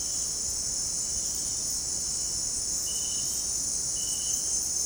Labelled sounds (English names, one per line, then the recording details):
none
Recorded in dense forest near Puerto Asís, Putumayo, Colombia, on 25 June 2025 at 17:30
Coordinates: 0.499, -76.324
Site G100